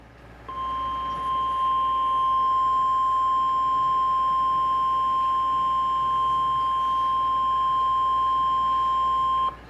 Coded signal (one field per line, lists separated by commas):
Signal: Emergency Alert System (SAME) tones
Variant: 1050 Hz attention tone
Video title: Severe thunderstorm warning 70MPH WIND GUSTS EAS #5